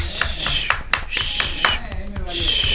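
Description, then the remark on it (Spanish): A short burst of applause in a radio studio, welcoming a member of the show's team: irregular, sharp claps from a few people that keep up steadily for about three seconds at moderate loudness, with a low background murmur underneath. “Un aplauso.”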